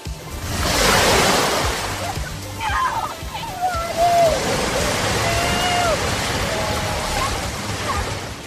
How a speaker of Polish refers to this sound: W tle słyszą Państwo szum fal na najsłynniejszej tamtejszej plaży Waikiki.